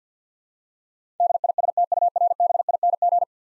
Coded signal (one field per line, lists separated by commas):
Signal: Morse code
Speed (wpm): 50 wpm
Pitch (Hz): 700 Hz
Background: none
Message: DISTURBING